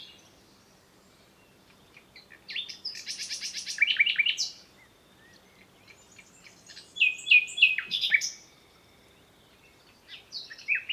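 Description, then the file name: Common nightingale song: rich phrases of rapid repeated notes, buzzy trills and varied whistles, with short pauses between bursts. "Luscinia megarhynchos"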